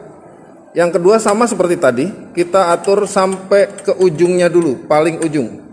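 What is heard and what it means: A man talks while sliding the metal rider along the second beam of a triple-beam laboratory balance toward the end of the beam, where it should drop into the notch. Nothing has seated or clicked yet; only his voice is heard, with no distinct click.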